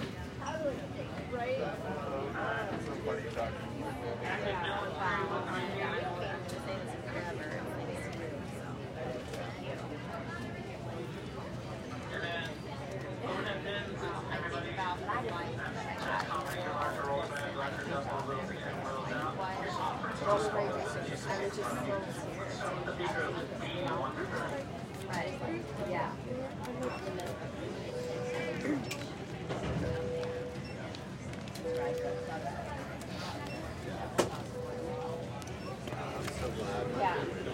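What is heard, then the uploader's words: Airport gate and boarding ambience: a steady crowd of overlapping voices, occasional clacks and bumps, and a brief tone around thirty seconds. Fly with me to Las Vegas from Phoenix Sky Harbor International Airport. From the departure gate at Sky Harbor International Airport until I get seated on the plane and we are taxi’ing to the runway.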